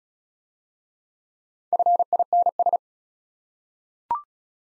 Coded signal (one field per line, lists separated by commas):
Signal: Morse code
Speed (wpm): 34 wpm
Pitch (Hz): 700 Hz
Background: none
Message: FINS